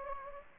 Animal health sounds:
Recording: mosquito wingbeat signal from an infrared sensor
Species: Anopheles gambiae

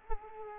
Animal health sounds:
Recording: mosquito wingbeat signal from an infrared sensor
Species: Culex quinquefasciatus

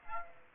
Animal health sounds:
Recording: mosquito wingbeat signal from an infrared sensor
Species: Aedes aegypti

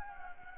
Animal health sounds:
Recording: mosquito wingbeat signal from an infrared sensor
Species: Anopheles gambiae

